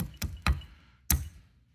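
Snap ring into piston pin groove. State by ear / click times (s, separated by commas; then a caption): seated / 1.1 s. A steel snap ring (circlip) is pressed back into its piston pin groove during piston assembly on a 4020 tractor engine. Two sharp metallic ticks come at about 0.2 s and 0.5 s, then a louder, crisp click at 1.1 s as the ring seats in the groove. The ring is confirmed seated.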